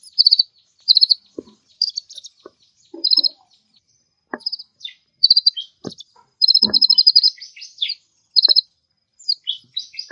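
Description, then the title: Birds sing repeated high stuttering trills and chirps in bursts throughout, with occasional sharp knocks or clicks underneath. "Burung Campur4"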